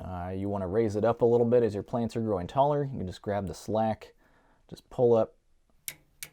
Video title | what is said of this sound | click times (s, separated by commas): GROW LIGHT Setup 🌱💡 - T5 Fluorescent | can hear that click | 5.9 s, 6.2 s